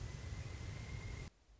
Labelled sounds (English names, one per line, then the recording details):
Pileated Woodpecker
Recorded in Sonoma County, California